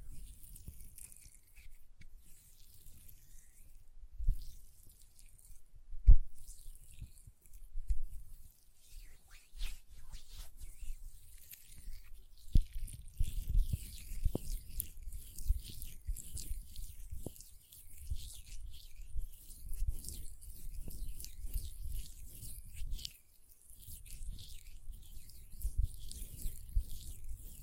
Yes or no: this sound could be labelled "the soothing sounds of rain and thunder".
no